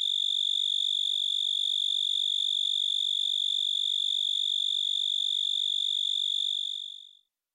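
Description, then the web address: Blackhorned tree cricket singing a sustained, unbroken high-pitched trill with a faint pulsing flutter, fading out and stopping near the end. "Crickets and Katydids. Blackhorned Tree Cricket, Oecanthus nigricornis"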